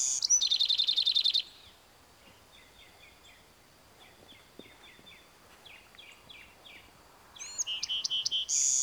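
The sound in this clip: Bewick's wren song, a loud fast even trill at the start, then soft scattered repeated notes, and another loud phrase beginning with thin high notes at the end.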